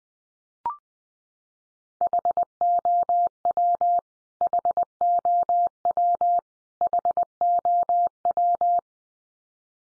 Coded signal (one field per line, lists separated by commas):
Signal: Morse code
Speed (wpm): 20 wpm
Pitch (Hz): 700 Hz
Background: none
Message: HOW HOW HOW